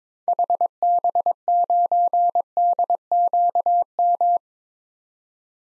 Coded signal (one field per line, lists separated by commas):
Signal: Morse code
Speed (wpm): 21 wpm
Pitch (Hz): 700 Hz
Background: none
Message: HB9DQM